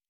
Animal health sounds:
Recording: hydrophone in a shrimp aquaculture tank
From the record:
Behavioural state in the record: normal

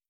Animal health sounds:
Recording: hydrophone in a shrimp aquaculture tank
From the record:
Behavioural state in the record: starved

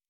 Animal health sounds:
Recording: hydrophone in a shrimp aquaculture tank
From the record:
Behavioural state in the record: normal

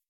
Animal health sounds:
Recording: hydrophone in a shrimp aquaculture tank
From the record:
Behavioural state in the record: weakened

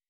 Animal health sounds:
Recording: hydrophone in a shrimp aquaculture tank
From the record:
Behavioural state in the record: weakened

